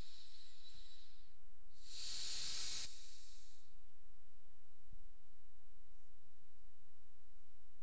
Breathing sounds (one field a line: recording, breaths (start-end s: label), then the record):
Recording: nose breathing near a microphone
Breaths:
0.00-1.73 s: inhalation
1.73-3.78 s: exhalation
From the record:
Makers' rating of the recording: medium